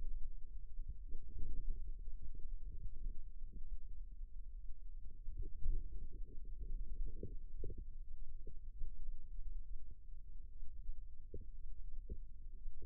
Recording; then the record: forearm muscle sounds (acoustic myography)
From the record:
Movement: inward rotation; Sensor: system 2, bracelet of six BSWA MPA416 microphones around the upper forearm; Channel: 6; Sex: female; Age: 22 years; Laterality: right